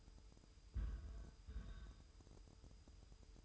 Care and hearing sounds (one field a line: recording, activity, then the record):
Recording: daily activity, microphone in the room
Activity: place on stove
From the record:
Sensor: 2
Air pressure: 988.2 hPa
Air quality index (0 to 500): 191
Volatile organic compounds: 184 ppm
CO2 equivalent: 4158 ppm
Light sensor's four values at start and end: 21/71/28/26 and 21/71/28/27